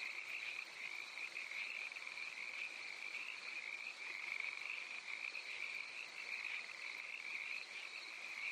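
Cricket chorus, an unbroken high buzzing trill from many callers, with small swells in loudness but no gaps.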